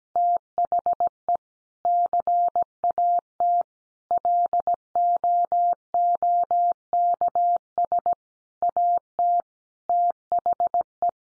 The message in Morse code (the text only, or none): THE CAT LOOKS AT THE